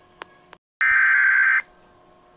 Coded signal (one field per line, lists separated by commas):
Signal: Emergency Alert System (SAME) tones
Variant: header bursts